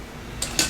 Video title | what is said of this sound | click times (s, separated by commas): Taking The Confusion Out Of El Wire | so these connectors actually just snap right in to this particular inverter | 0.4 s, 0.6 s